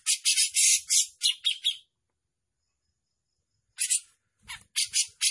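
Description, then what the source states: Grey-cheeked bulbul singing harsh, scratchy chattering bursts, a two-second pause, then a few more grating notes and a faint low rumble. Gacor bird, in continuous lively song, described as mewah mbeset ngepik.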